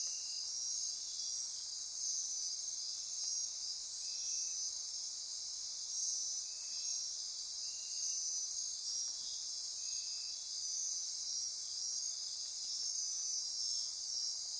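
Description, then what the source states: Insects in chorus, a constant shrill buzzing wall of sound with faint repeating pulsed trills underneath, unbroken for the whole stretch. Insect chorus recorded at midnight near Corcovado.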